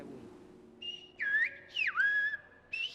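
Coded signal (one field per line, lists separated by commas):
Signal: whistled language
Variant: Silbo Gomero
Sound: a loud clear whistle gliding up and down in pitch, several phrases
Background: low hum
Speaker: we are not whistling a code but we are whistling in Spanish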